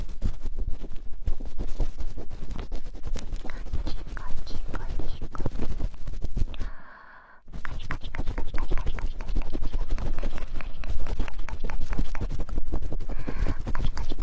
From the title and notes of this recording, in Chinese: 免疫福音 超快速戳耳朵。